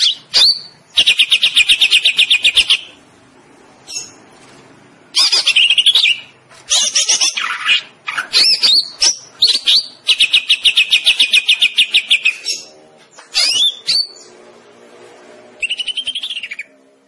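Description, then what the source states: Greater green leafbird song with long rapid trills of repeated notes broken by sharp sweeping whistles and brief pauses, loud and varied throughout. Described as gacor.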